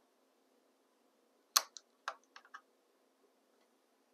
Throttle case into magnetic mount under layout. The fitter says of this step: it should just click right into place